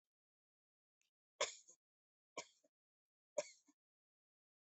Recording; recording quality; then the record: shallow voluntary cough; excellent, no background noise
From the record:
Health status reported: healthy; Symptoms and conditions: none ticked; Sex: female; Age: 49 years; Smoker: not ticked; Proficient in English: yes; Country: India